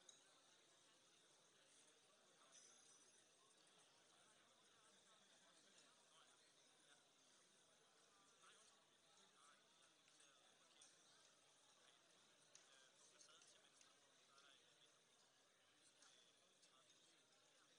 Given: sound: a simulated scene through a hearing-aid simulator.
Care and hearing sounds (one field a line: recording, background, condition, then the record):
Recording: conversation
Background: cafeteria (anchor of the quiet scene)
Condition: -6 dB SNR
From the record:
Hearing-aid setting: anchor resembling a broken hearing aid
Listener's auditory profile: D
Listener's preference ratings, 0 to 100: 1, 2, 0